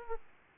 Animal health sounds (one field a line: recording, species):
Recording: mosquito wingbeat signal from an infrared sensor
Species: Aedes aegypti